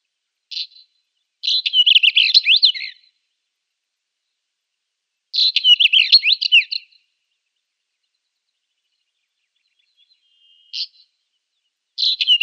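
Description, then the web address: Northern Wheatear song: scratchy, jangling phrases of rapid high notes given every few seconds, with single short notes in between. "Schulze Peter Northern Wheatear song"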